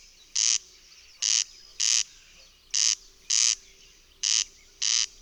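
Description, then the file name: Corn crake calling with harsh, grating paired rasps, crex-crex, repeated steadily with short pauses between pairs. "Derkacz"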